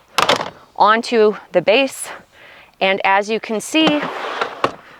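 A Safety 1st Turn and Go 360° DLX plastic car seat shell is popped back onto its seat-belt-installed vehicle base with a sharp thunk at 0.2 s. Someone talks throughout, and the seat is seated on the base.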